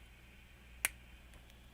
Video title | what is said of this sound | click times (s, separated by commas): 🔴 Let's Build Some stuff.. Sluban Sunday Live Stream | this and that that's satisfying click so | 0.8 s